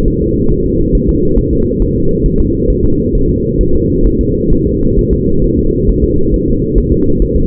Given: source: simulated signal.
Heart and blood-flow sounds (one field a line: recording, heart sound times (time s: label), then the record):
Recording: fetal heart sounds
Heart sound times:
0.08 s: S1
0.22 s: S2
0.52 s: S1
0.66 s: S2
0.95 s: S1
1.09 s: S2
1.39 s: S1
1.53 s: S2
1.82 s: S1
1.96 s: S2
2.26 s: S1
2.40 s: S2
2.70 s: S1
2.85 s: S2
3.15 s: S1
3.30 s: S2
3.61 s: S1
3.75 s: S2
4.07 s: S1
4.21 s: S2
4.53 s: S1
4.67 s: S2
4.99 s: S1
5.13 s: S2
5.44 s: S1
5.59 s: S2
5.89 s: S1
6.04 s: S2
6.34 s: S1
6.48 s: S2
6.78 s: S1
6.92 s: S2
7.22 s: S1
7.36 s: S2
From the record:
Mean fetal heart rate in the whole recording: 135 bpm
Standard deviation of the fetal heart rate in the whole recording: 3 bpm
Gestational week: 36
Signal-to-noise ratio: -16.4 dB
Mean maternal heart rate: 72 bpm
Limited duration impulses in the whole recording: present